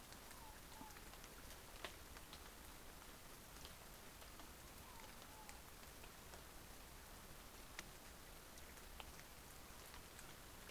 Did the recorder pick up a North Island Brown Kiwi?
no